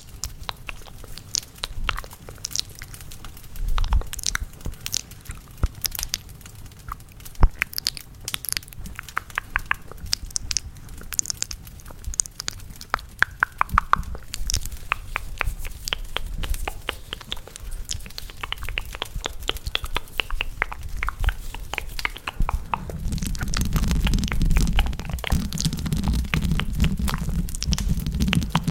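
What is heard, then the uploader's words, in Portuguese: Intense mouth sounds with a fireplace: rapid wet clicks, smacks and crunchy chewing-like snaps fill the clip, coming in dense irregular bursts. A low crackling rumble runs underneath and swells noticeably louder from about 22 seconds to the end. ASMR SONS DE BOCA super intensos com SONS DE LAREIRA.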